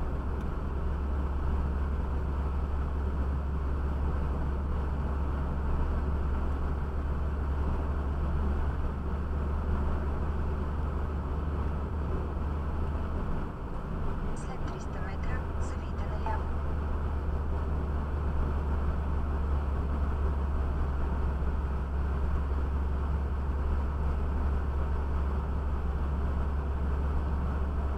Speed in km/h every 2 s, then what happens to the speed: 42, 42, 42, 42, 43, 42, 45, 45, 44, 43, 42, 42, 42, 42.
0-28 steady at about 42.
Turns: none.